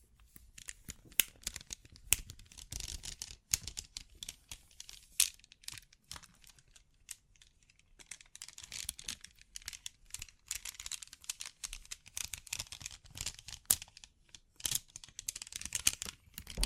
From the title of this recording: Bling Bling Triggers